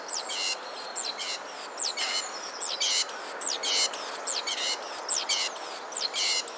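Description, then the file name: Great tit calling continuously, high thin descending notes alternating with harsh buzzy notes in a repeating rhythm. "Parus major"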